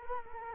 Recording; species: mosquito wingbeat signal from an infrared sensor; Culex quinquefasciatus